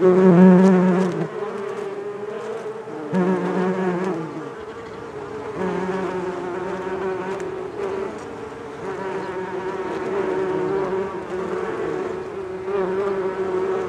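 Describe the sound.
Bees buzzing in a layered drone, a deeper buzz coming and going over the steady hum in the first few seconds.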